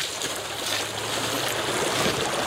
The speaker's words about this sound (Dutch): En dan passeren we de Springendalse Beek. En die stroomt voluit, kan ik je vertellen.